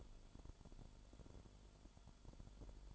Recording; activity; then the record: daily activity, microphone in the room; light off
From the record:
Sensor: 5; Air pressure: 1008.0 hPa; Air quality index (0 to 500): 105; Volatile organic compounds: 1 ppm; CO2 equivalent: 813 ppm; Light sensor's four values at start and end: 31/71/29/28 and 30/70/28/28